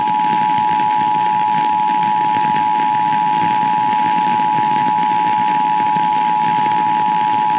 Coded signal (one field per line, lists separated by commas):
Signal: Emergency Alert System (SAME) tones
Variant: 853 and 960 Hz attention tone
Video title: EAS Child Abduction Emergency Mebane, NC (Spectrum DTA TV)